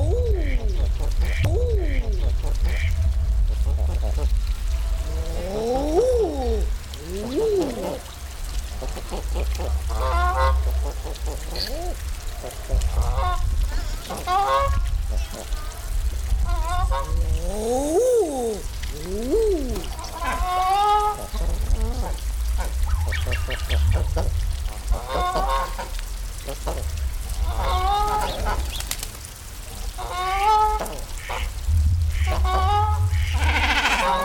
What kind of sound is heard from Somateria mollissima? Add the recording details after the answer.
courtship call. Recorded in captivity. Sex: diverse. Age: diverse. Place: Zoo Halle, Sachsen-Anhalt, DE. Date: 1997-03-22 16:53. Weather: Schnee bis Regen, um 0°C. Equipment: Sony MD-WM MZ-R3, Sennheiser MKH 416 T, Kopie Uher 4000 Report Monitor. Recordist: Tembrock, Günter